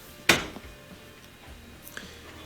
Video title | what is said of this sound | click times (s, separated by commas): ✨Bottom Freezer Door Doesn’t Close All The Way—FAST FIX✨ | i've got to push down on those gear things in the back that we loosened i just pushed down really hard and i'll hear it click did the one on the right then the one on the left | 0.3 s